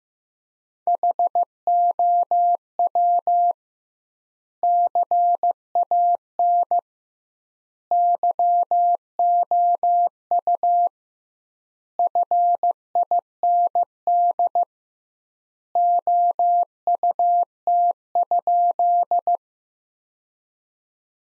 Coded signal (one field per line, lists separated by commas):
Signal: Morse code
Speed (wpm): 15 wpm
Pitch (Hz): 700 Hz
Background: none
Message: HOW CAN YOU FIND OUT?